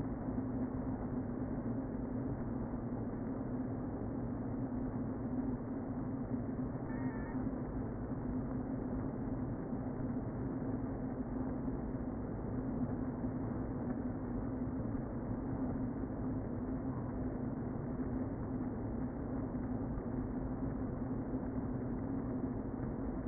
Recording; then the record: honeybee colony, microphone inside the hive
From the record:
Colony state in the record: queen present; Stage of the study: before two queens were removed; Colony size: about 60,000 bees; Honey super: yes